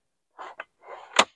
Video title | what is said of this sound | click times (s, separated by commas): Lykus HC-7530 Photo Equipment Case w/Foam - Great case for the money! | push this lever over and lower it down and it locks into place | 1.2 s